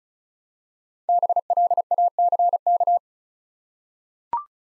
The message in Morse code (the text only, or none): BLACK